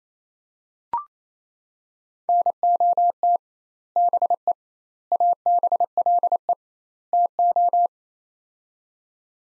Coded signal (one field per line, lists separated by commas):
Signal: Morse code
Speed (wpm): 28 wpm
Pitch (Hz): 700 Hz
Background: none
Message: NOT BE ABLE TO